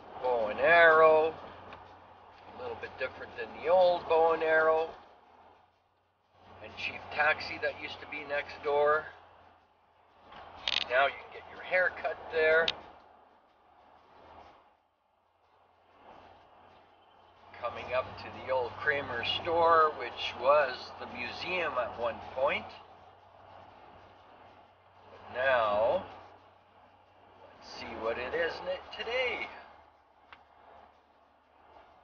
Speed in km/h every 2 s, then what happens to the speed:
59, 59, 58, 58, 58, 57, 57, 58, 59, 60, 61, 62, 62, 62, 63, 63.
0-32 steady at about 59.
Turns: none.